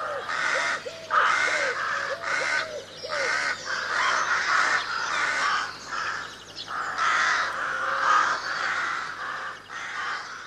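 Crows give a series of harsh, irregular caws.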